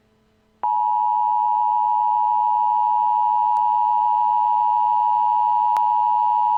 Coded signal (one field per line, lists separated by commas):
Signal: Emergency Alert System (SAME) tones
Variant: 853 and 960 Hz attention tone